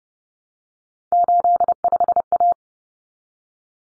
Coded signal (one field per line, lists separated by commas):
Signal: Morse code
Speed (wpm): 30 wpm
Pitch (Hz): 700 Hz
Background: none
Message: 85A